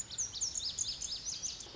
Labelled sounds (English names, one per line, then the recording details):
Lazuli Bunting
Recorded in Sonoma County, California